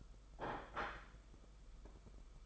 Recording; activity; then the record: daily activity, microphone in the room; place plate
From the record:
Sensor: 5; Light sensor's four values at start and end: 39/121/46/49 and 39/121/46/49